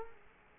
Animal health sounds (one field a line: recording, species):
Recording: mosquito wingbeat signal from an infrared sensor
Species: Culex quinquefasciatus